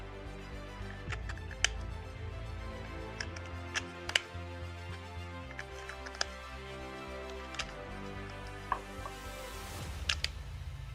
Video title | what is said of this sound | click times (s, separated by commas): VALAVERSE - Action Force Vanguard Vehicle Review #toys #valaverse #vanguard #yesterlandtoys | Pops right in real easy, no issues. | 1.6 s, 4.2 s, 6.2 s, 8.7 s, 10.1 s, 10.2 s